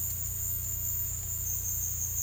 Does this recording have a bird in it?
no